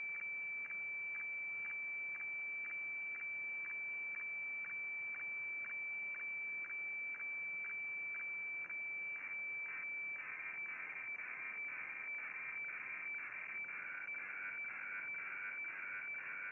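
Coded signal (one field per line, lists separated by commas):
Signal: weather fax (radiofax)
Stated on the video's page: HF weather fax received on 7880 kHz with an MLA30 antenna.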